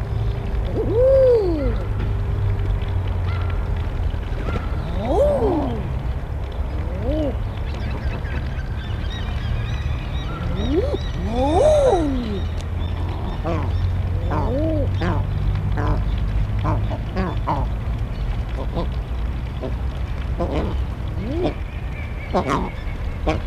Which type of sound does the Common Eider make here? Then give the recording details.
call. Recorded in captivity. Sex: group. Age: adult. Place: Zoo Rostock, Mecklenburg-Vorpommern, DE. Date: 1975-12-05 09:50. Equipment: Uher CR 210, Sennheiser MD 421, Verstärker, Kopie Unitra ZK 246. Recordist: Tembrock, Günter